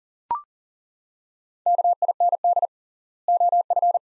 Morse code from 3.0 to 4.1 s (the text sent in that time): OF